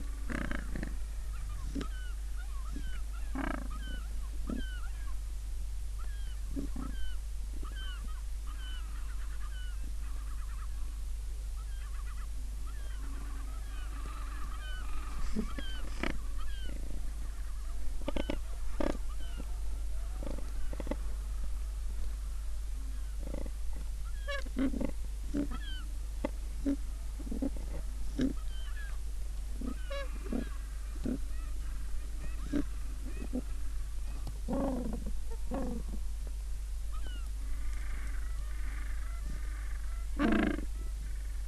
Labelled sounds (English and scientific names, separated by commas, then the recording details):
Gentoo Penguin (Pygoscelis papua)
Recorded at the colony at Booth Island, Antarctica, on 21 December 2014
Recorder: Song Meter SM2+